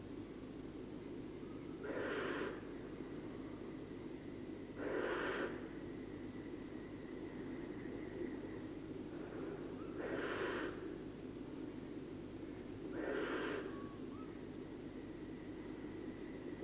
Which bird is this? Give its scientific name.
Tyto alba